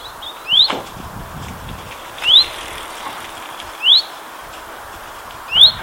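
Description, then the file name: Common chaffinch repeating a quick rising whistle roughly every one and a half seconds. "Fringilla coelebs"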